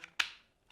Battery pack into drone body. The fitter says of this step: take the flat side of the battery click it into the drone and you'll hear a click that's now ready to go